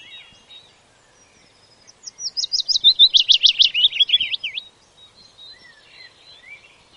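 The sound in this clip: Willow warbler singing one liquid phrase of quick high notes, louder in the middle and fading downward, with faint scattered bird notes before and after.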